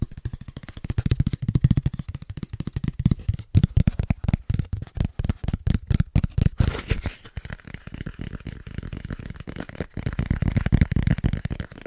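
Fast tapping runs throughout in dense, rapid bursts of sharp clicks, with a deep thudding body to each tap. Around the middle the taps grow more spaced and punchy, with a brief brighter scratchy rush near seven seconds before the quick tapping resumes.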